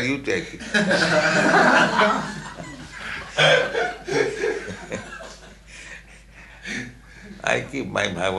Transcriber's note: laughter